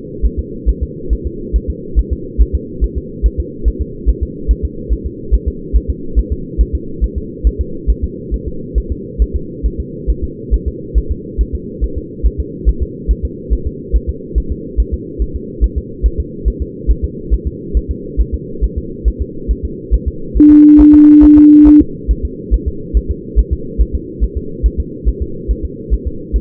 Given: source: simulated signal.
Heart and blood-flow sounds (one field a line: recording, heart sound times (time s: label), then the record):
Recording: fetal heart sounds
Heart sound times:
0.25 s: S1
0.39 s: S2
0.69 s: S1
0.83 s: S2
1.13 s: S1
1.27 s: S2
1.56 s: S1
1.70 s: S2
1.99 s: S1
2.13 s: S2
2.41 s: S1
2.55 s: S2
2.84 s: S1
2.98 s: S2
3.26 s: S1
3.40 s: S2
3.68 s: S1
3.82 s: S2
4.09 s: S1
4.23 s: S2
4.51 s: S1
4.65 s: S2
4.93 s: S1
5.06 s: S2
5.34 s: S1
5.48 s: S2
5.76 s: S1
5.90 s: S2
6.19 s: S1
6.33 s: S2
6.61 s: S1
6.75 s: S2
7.04 s: S1
7.18 s: S2
7.47 s: S1
7.61 s: S2
7.90 s: S1
8.04 s: S2
8.34 s: S1
8.48 s: S2
8.78 s: S1
8.92 s: S2
9.22 s: S1
9.36 s: S2
9.66 s: S1
9.80 s: S2
10.10 s: S1
10.24 s: S2
10.54 s: S1
10.68 s: S2
10.98 s: S1
11.12 s: S2
11.41 s: S1
11.55 s: S2
11.84 s: S1
11.98 s: S2
12.26 s: S1
12.40 s: S2
12.69 s: S1
12.83 s: S2
13.11 s: S1
13.25 s: S2
13.53 s: S1
13.67 s: S2
13.96 s: S1
14.10 s: S2
14.38 s: S1
14.52 s: S2
14.80 s: S1
14.94 s: S2
15.22 s: S1
15.36 s: S2
15.64 s: S1
15.78 s: S2
16.06 s: S1
16.20 s: S2
16.48 s: S1
16.62 s: S2
16.91 s: S1
17.04 s: S2
17.34 s: S1
17.47 s: S2
17.77 s: S1
17.91 s: S2
18.21 s: S1
18.35 s: S2
18.64 s: S1
18.78 s: S2
19.08 s: S1
19.22 s: S2
19.51 s: S1
19.65 s: S2
19.94 s: S1
20.08 s: S2
20.37 s: S1
20.51 s: S2
20.81 s: S1
20.95 s: S2
21.24 s: S1
21.38 s: S2
21.68 s: S1
21.81 s: S2
22.11 s: S1
22.25 s: S2
22.54 s: S1
22.68 s: S2
22.97 s: S1
23.11 s: S2
23.39 s: S1
23.53 s: S2
23.81 s: S1
23.95 s: S2
24.24 s: S1
24.37 s: S2
24.66 s: S1
24.80 s: S2
25.08 s: S1
25.22 s: S2
25.51 s: S1
25.65 s: S2
25.94 s: S1
26.07 s: S2
26.36 s: S1
From the record:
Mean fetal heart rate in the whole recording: 140 bpm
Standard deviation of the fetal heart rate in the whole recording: 2 bpm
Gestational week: 34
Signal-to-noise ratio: -4.3 dB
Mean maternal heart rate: 72 bpm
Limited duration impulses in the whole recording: present